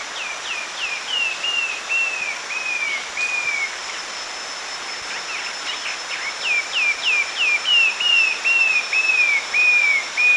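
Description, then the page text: Short-tailed babbler whistled call: a series of clear, slightly descending whistles, first quick and short then longer and slurred, repeated in two bouts, over a steady high hiss. Recorded at Danum, Borneo, on 1 March 2008. "Short-tailed Babbler at Danum by EDWARDS, David"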